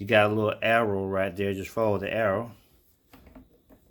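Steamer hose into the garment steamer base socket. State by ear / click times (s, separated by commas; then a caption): seated / 3.1 s, 3.4 s. Someone talks while lining the hose of a Shark fabric steamer up with an arrow on the base, then pushes it down and gives it a turn so it locks into the base socket. Two short, faint clicks follow at 3.1 s and 3.4 s as the hose seats in place.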